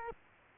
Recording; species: mosquito wingbeat signal from an infrared sensor; Culex quinquefasciatus